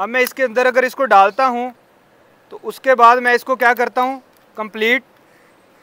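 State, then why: Not seated. A safety harness snap hook is being handled at an anchor or lanyard loop as part of a bypass setup while someone talks. Nothing has seated or clicked yet, and the hook is not yet locked onto the line.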